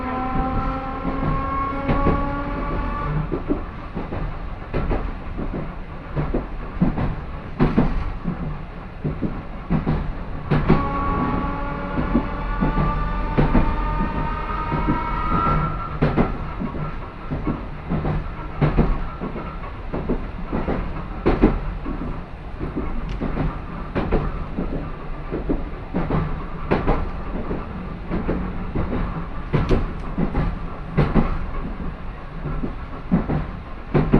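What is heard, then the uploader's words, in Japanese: A train with nose-suspended traction motors gives a loud, rising whine, a stack of tones climbing in pitch during the first few seconds and again around 10 to 16 seconds. Under it runs a dense low rumble, with sharp wheel clacks repeating every second or two throughout. 万葉線 高岡駅→越ノ潟。電車は吊りかけモーターなので中々の唸りをあげています。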